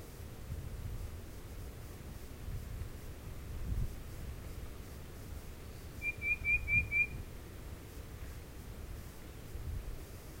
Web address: Tufted Titmouse